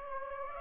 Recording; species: mosquito wingbeat signal from an infrared sensor; Aedes aegypti